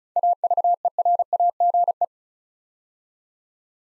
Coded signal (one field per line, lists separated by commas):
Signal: Morse code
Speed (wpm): 36 wpm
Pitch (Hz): 700 Hz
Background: none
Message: AVERAGE